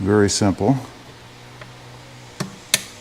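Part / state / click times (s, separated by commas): wiring connector onto intake sensor / seated / 2.7 s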